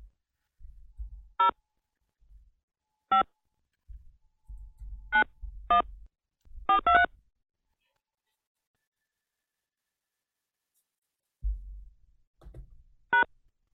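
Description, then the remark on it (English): Touch-tone keypad beeps as a phone number is punched in at a customer service line's prompt, starting with the area code and followed by the number sign: about nine short, clear tones at an uneven pace, some in quick pairs, with soft thuds of button presses and a long pause before the last. “please enter the phone number listed on your account, starting with the area code, followed by the number sign.”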